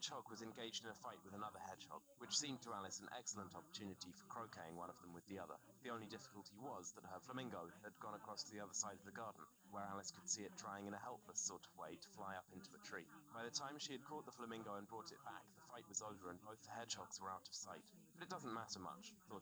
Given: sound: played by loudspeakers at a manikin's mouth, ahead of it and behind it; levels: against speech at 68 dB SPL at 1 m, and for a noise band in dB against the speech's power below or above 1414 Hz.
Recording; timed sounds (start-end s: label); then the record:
test signals for a remote microphone
0.00-19.42 s: man speaking, babble ahead at +6 dB SNR for speech at 1 m
From the record:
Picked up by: remote receiver E, fed by microphone B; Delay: 43 ms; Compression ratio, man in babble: 2.17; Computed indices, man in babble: HASPI 1.000, HASQI 0.272 (non-linear 0.310, linear 0.875), ESTOI 0.631